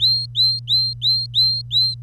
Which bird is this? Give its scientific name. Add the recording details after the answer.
Serinus canaria. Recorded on 25 April 2018 at 08:39. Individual llb3